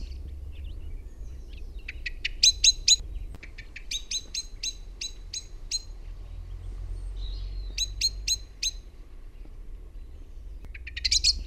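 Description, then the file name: Common blackbird giving runs of sharp, clicking chinks in short bursts, with a brief high squeaky twitter at the end; low background rumble throughout. "MUSTARASTAS"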